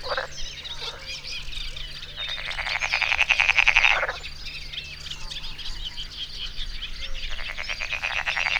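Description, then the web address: Frogs croaking in rapid rattling bursts, one long buzzy burst in the middle and another near the end, over a low steady hum. Frogs in 2014 at the Hortobágy fish ponds, near the inner terminus station of the narrow-gauge railway. "kisvasut hortobagyihalastavak 2014 termeszet bekak madarak belsovegallomas"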